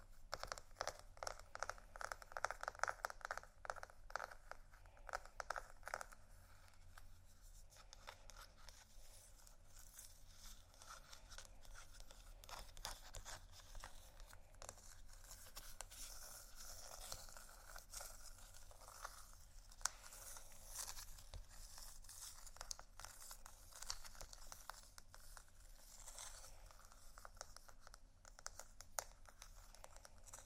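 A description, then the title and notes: Scratching and tapping on textured surfaces, a dense, continuous run of brisk dry scrapes and small clicks, busiest from about fifteen seconds on. ASMR Scratchingtapping On Textures（No Talking）.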